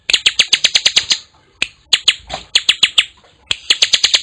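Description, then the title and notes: Bar-winged prinia song: brisk series of loud, clipped chip notes, pausing briefly a few times before resuming at the same quick pace. Collection of actively singing (gacor) birds, including young ones. "Kicau Ciblek. putri sherin. kumpulan suara burung ciblek gacor dan anakan"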